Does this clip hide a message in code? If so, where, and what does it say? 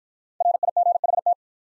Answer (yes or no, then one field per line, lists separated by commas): yes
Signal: Morse code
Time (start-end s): 0.4-1.3 s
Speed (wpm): 52 wpm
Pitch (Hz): 700 Hz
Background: none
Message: RIGHT